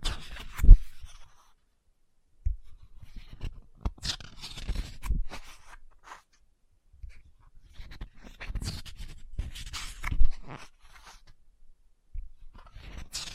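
Book handling with dry scratching and crisp page sounds, coming in short irregular bursts of rustle and crunch. Sharp taps land near the start and around the tenth second, and the noises reach up into a bright hiss. Brief silent gaps separate the clusters.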